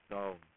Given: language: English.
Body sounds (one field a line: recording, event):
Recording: throat vibration sensor signal played as sound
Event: speech